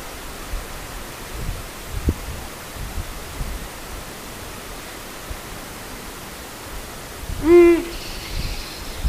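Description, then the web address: Ural owl giving one short, deep hoot late over a steady background hiss. "agykontroll Madardalok Cd 1. Uráli bagoly"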